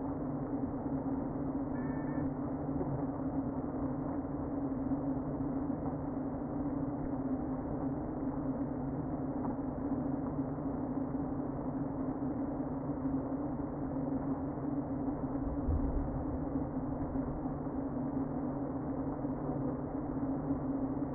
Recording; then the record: honeybee colony, microphone inside the hive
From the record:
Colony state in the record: queen present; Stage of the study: before two queens were removed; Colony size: about 60,000 bees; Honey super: yes